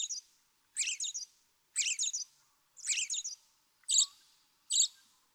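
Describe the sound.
American robin song: repeated rich warbled phrases about once a second, the last two sharper and higher.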